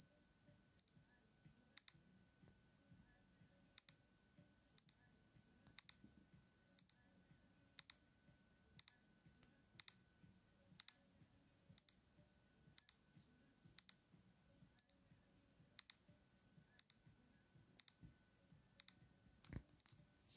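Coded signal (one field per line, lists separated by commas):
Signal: radio time signal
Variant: DCF77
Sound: steady tone briefly dipping once each second, with soft clicks, about twenty pulses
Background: small room noise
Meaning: Time code that sets radio-controlled watches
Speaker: is set in automatic in the European Europe European area zone so is a the CF 77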